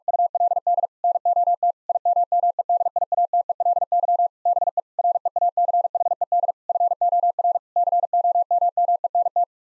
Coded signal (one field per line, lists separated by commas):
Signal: Morse code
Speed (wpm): 46 wpm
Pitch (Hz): 700 Hz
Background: none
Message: ULD NOT IMMEDIATELY BE REACHED FOR COMMENT